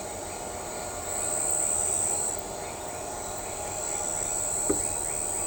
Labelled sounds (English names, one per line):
none